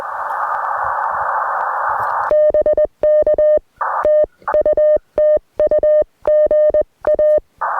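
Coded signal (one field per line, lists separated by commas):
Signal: Morse code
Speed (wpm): 20 wpm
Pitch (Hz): 600 Hz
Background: none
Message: BK TU TU GA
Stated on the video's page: Morning QRP Parks on the Air activation with an Elecraft K2, BamaKey TP-III paddle and 40m end-fed half-wave antenna.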